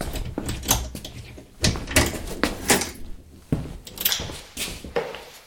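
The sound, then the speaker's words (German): A door being opened with a flurry of sharp clicks, clunks and rattles from the latch and frame, irregular bursts of moderate loudness across several seconds, no voices. “geh von der Tür weg. Zu spät.”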